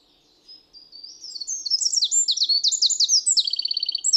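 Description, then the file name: Eurasian wren song, a vigorous high-pitched outpouring of quick trills and warbled notes that swells in volume and runs into a rapid rattling phrase. "Troglodytes troglodytes"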